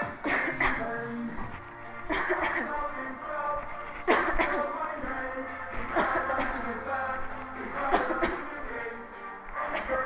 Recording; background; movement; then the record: voluntary coughing; music; walking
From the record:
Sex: female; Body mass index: 18.3 kg/m2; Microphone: on the chest, facing the body